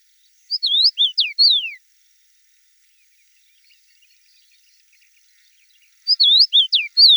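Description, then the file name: Common rosefinch song: a short phrase of clear, slurred whistles, rising and falling, given twice with about four seconds of silence between. Recorded in Russia. "Pticy Rossii - Obyknovennaya chechevica Carpodacus erythrinus"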